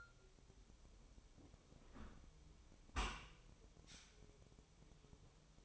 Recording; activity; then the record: daily activity, microphone in the room; close dishwasher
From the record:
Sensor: 1